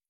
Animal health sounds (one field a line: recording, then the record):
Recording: hydrophone in a shrimp aquaculture tank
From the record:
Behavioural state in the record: feeding